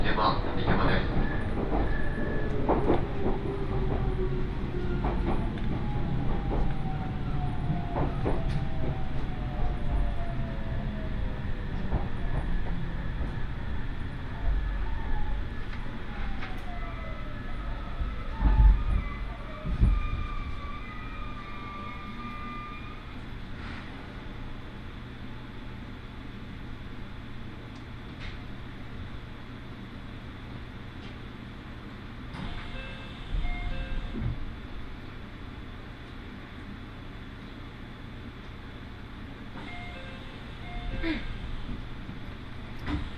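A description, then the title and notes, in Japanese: A train on the Iida Line slows with falling brake squeals and a steady low rumble, then sits idling with clicks and faint tones. 耳で楽しむ鉄道旅 飯田線 中部天竜～三河槇原。中部天竜を出て旧佐久間町内を走った後愛知県に入ります。夜なので見ることができません。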